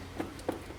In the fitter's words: All three of them are locked in solid,